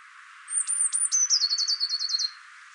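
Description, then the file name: Eurasian blue tit with several thin, very high piping notes leading into a rapid, slightly falling trill of even repeated elements. "Cyanistes caeruleus"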